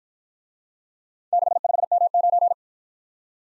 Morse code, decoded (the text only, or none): 65M9